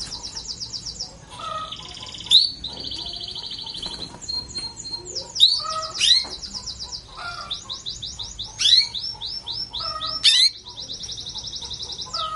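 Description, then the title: Canary singing continuous varied trills and rolls, fast repeated notes and buzzy runs, with sharp loud chips between phrases. Sound of a female canary in heat, used as a lure to stimulate Belgian canaries and as therapy for canaries that will not sing. "Canto Para Esquentar Canário Belga. Pancingan suara kenari betina birahi untuk TERAPI KENARI MACET bunyi"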